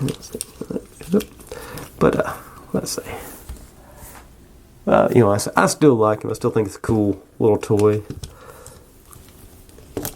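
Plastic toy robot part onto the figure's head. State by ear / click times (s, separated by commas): not seated / none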